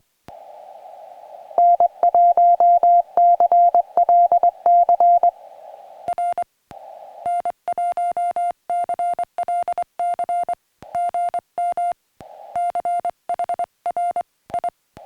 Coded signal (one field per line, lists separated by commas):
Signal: Morse code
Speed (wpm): 22 wpm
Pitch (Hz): 700 Hz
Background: music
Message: N1CLC R N1CLC GM CHR I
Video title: Summits on the Air 2M SSB and CW Contacts on the PackTenna TrekMount